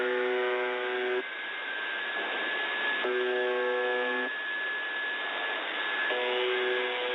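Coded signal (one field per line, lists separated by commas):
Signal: channel marker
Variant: UVB-76 (The Buzzer)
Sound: three harsh low buzzes, each about a second, spaced 3 s apart, over hiss and a steady whistle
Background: radio static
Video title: Weird Sounds on The Buzzer, XM Whales Oddity, 4.625 USB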